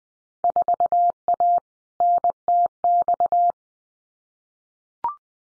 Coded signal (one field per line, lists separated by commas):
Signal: Morse code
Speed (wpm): 20 wpm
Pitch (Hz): 700 Hz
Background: none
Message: 4A NTX